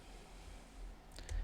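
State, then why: Not seated. A plastic cap is pushed onto the barrel of a Chromatek Real Brush watercolour brush pen, number 80, with low hum underneath. Two faint taps of the cap making contact come at about 1.2 s and 1.3 s. There is no latch click, so the cap has not clicked shut.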